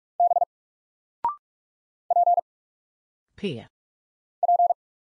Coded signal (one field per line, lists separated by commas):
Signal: Morse code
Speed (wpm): 44 wpm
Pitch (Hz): 700 Hz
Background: none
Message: B P P